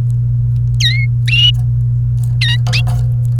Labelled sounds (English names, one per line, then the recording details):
Domestic Canary song
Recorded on 28 April 2018 at 14:44
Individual llb3